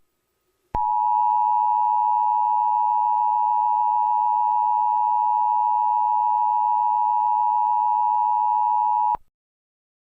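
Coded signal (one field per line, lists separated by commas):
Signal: Emergency Alert System (SAME) tones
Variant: 853 and 960 Hz attention tone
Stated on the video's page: Simulated EAS scenario themed on Cookie Run Kingdom.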